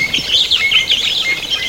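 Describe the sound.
Bird calls: a dense run of high, quick chirps and twitters throughout, with steady background hiss.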